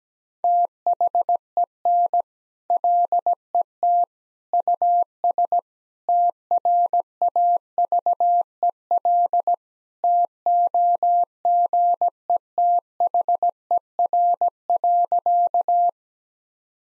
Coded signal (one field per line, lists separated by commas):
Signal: Morse code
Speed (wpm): 17 wpm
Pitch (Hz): 700 Hz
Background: none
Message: THEN LET US TRAVEL TOGETHER.